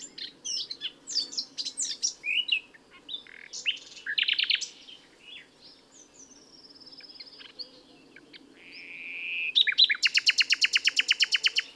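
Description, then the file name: Common nightingale song with varied chirps, short whistles and a long thin whistled note, ending in a loud, fast, rattling series of repeated notes. "Luscinia megarhynchos"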